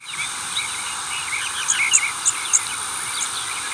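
Blackburnian warbler song: a short run of very high, thin, sibilant notes in the middle, with lower chirps and a steady hiss throughout.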